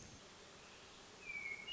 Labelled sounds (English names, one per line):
Hermit Thrush